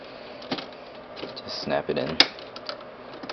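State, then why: Seated. A plastic drive faceplate is pressed back into the front bezel of a desktop case and snaps into place, with sharp plastic clicks at 0.5 and 0.6 seconds. Someone talks, and there are further light handling taps later in the clip.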